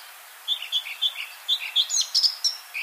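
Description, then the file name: Eurasian blackcap song: a quick run of varied high chirps and short whistled notes, ending in brighter fluty phrases, over a low steady hiss. "Sylvia atricapilla"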